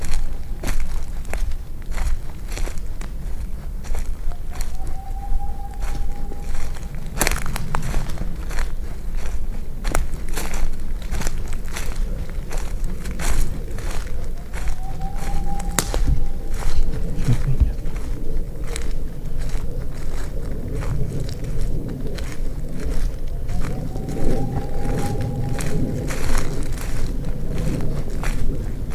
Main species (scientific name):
Aegolius funereus